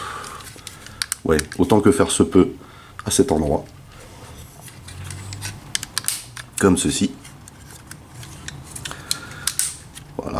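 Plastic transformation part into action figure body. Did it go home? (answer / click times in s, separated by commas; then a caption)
yes / 9.6 s. During the transformation of a Titans Return Astrotrain plastic action figure, a small plastic part under the body is pushed into its slot while someone talks, with scattered sharp plastic clicks and handling taps. The part clips into place at 9.6 s.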